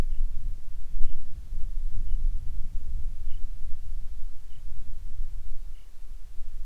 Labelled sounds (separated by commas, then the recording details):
songbird
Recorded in the Prudhoe Bay oil fields, Alaska, on 10 July 2019 at 09:29
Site 11